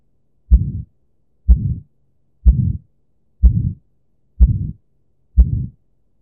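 Six regular low beats at about 62 a minute, each a sharp first sound followed by a rough, fading murmur. Simulated aortic stenosis from a heart simulator, where blood is forced through a narrowed aortic valve.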